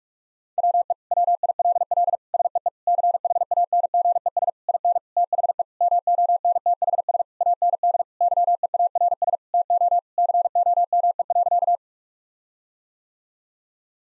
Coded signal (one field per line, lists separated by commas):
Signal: Morse code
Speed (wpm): 46 wpm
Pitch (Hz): 700 Hz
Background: none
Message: WE WILL SEE CHANGES IN THE MONTHS AND YEARS TO COME.